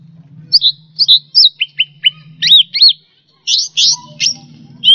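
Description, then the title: Bird singing short separate notes: slurred whistles, sharp chirps and a quick rasping burst. "SuaraBurung Kicau4"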